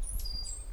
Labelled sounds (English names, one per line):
Stitchbird song